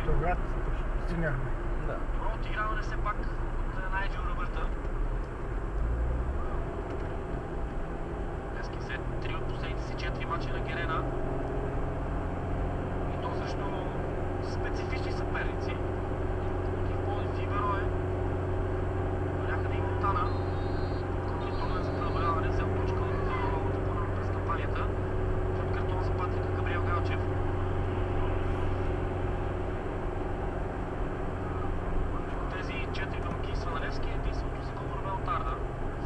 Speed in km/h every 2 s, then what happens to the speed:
60, 55, 53, 49, 48, 51, 53, 54, 54, 55, 54, 56, 56, 55, 53, 53, 51, 50.
0-7 slows to 48. 7-36 steady at about 53.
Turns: none.